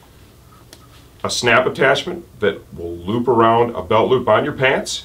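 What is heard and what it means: The metal snap fastener on the belt-loop strap of an RS Taichi Vox Air RSJJ18 textile motorcycle jacket is handled; it is meant to loop around a pant belt loop and hook the jacket and pants together so no skin is exposed. Someone talks over faint handling sounds, and the snap has not closed or clicked yet.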